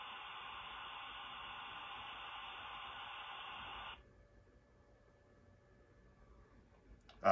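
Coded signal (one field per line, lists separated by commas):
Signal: dial-up modem handshake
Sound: steady wide rushing modem hiss for four seconds, then sudden near silence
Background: brief voice at end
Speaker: Magnum BBs and we're going to dial this with an actual modem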